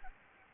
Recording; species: mosquito wingbeat signal from an infrared sensor; Anopheles gambiae